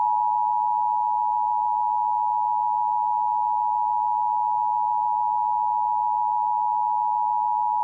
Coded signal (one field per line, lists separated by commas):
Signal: Emergency Alert System (SAME) tones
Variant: 853 and 960 Hz attention tone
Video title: Comcast Emergency Alert System - Maryland Required Monthly Test (June 30, 2022)